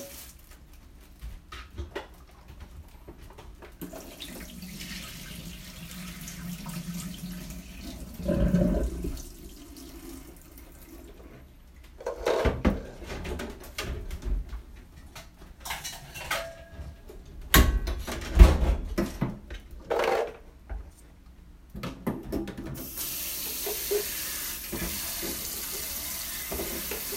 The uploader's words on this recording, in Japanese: キッチンの音。水の音が心地よい！